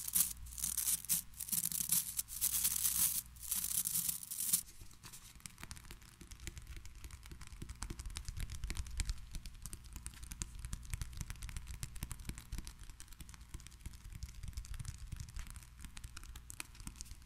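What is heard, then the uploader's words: Tiny mic triggers. It opens with bright, hissy bursts of tearing and crinkling that come in dense bouts for about the first four seconds. After that it settles into quieter, low thumps and rubbing, with soft clicks scattered steadily to the end. ASMR 1 HR Of Tiny Mic Triggers.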